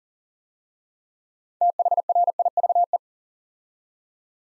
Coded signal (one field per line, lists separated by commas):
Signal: Morse code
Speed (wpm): 39 wpm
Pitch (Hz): 700 Hz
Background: none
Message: THRIVE